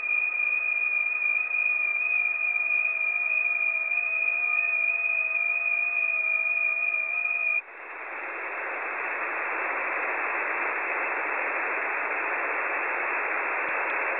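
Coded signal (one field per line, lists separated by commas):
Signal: FT8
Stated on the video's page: Received on 6 meters via sporadic E in the early morning.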